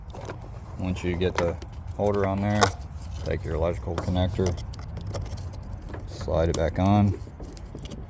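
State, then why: Seated. Someone talks while sliding the wiring harness electrical connector back onto the new EVAP purge valve on a 2015 Jeep Wrangler, with faint handling noise under the voice. A short, sharp click at 7.6 s marks the connector seating on the valve, and its lock is then pushed in.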